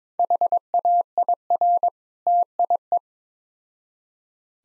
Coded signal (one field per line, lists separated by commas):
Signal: Morse code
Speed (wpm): 22 wpm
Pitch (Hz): 700 Hz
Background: none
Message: HAIR TIE